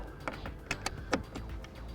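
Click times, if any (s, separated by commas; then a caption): 1.1 s. A male gas hose bayonet fitting with a locking groove is lined up with the two tabs of the female gas outlet on an MDC Forbes 13 hybrid camper caravan, pressed in and twisted clockwise. Sharp metallic clicks sound at about 0.3, 0.5, 0.7, 0.9 and 1.4 s. The fitting locks into place with a click at 1.1 s.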